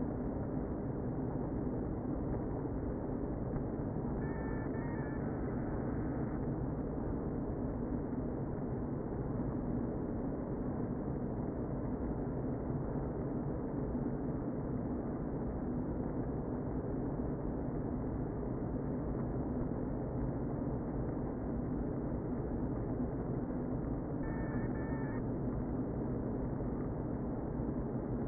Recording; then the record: honeybee colony, microphone inside the hive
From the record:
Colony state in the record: queen present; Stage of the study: before two queens were removed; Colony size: about 60,000 bees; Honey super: yes